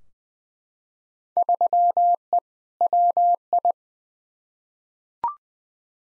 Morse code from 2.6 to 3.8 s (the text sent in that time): WI